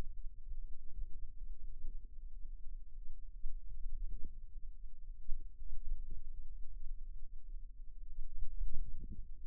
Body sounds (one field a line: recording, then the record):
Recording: forearm muscle sounds (acoustic myography)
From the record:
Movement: wrist flexion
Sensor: system 2, bracelet of six BSWA MPA416 microphones around the upper forearm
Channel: 1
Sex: female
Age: 22 years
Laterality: right